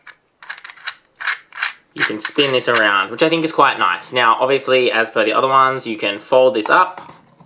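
A fold-up plastic toy carousel playset case is handled, with a few quick clicks and knocks in the first two seconds before someone talks over the rest of the clip. The case is being folded up toward its latch, but it has not snapped shut or clicked into place yet.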